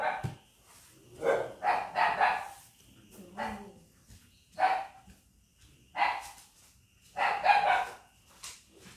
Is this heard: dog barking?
yes